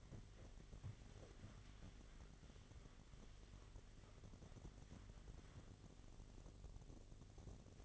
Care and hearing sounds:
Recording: daily activity, microphone in the room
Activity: wipe stove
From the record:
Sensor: 4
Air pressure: 1007.8 hPa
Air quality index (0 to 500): 196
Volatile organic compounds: 7 ppm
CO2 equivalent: 1961 ppm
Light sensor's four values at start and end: 23/72/27/26 and 22/70/27/26

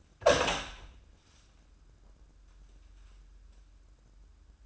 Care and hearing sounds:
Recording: daily activity, microphone in the room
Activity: open door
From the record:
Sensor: 2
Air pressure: 994.3 hPa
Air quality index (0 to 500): 206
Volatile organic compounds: 1000 ppm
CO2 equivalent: 6826 ppm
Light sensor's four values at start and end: 82/192/80/80 and 83/195/81/82

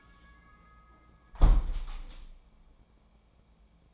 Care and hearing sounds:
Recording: daily activity, microphone in the room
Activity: close window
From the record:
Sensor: 1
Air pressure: 1012.4 hPa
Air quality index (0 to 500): 169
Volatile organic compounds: 3 ppm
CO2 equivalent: 1379 ppm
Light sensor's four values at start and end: 222/507/224/247 and 222/510/226/248

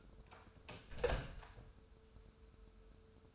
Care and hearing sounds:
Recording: daily activity, microphone in the room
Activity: close door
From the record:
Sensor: 2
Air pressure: 1015.1 hPa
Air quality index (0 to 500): 162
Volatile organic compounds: 8 ppm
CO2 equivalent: 2104 ppm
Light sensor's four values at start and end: 13/35/14/15 and 13/35/14/15

